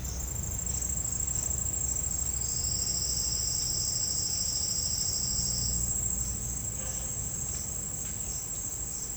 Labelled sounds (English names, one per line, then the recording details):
none
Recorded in secondary vegetation near Puerto Asís, Putumayo, Colombia, on 19 March 2025 at 09:00
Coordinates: 0.502, -76.326
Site G100